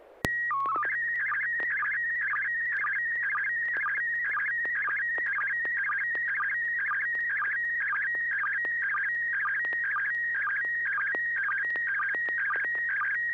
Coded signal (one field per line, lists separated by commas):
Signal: SSTV (slow-scan television)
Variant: PD 120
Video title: N6NA SSTV Net - 08/02/2023